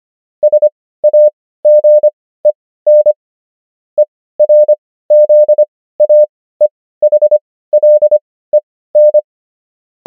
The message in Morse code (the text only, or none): SAGEN ERZAEHLEN